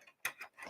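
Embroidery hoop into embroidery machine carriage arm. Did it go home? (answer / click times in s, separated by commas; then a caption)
yes / 0.3 s. An embroidery hoop holding fabric is slid onto an embroidery machine's carriage arm and popped into place. It gives a sharp, bright click at 0.3 s, followed by softer rustling and sliding sounds. The hoop clicks firmly into place and is seated.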